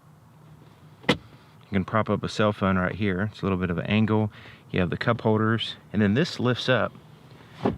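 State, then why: Seated. In the cab of a 2019 RAM 1500 Laramie pickup, the fold-up center seat section is lifted and latches into its raised position with a short click at 7.7 s. A sharper knock is also heard at 1.1 s, and someone talks through most of the clip. The section locks in place and is released with a strap.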